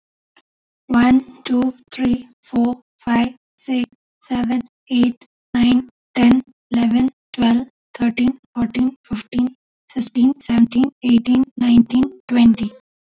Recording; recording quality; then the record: counting at a normal pace; excellent, no background noise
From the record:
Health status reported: exposed to COVID-19, no respiratory illness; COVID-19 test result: negative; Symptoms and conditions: loss of smell and taste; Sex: female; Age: 30 years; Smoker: not ticked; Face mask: not worn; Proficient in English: yes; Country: India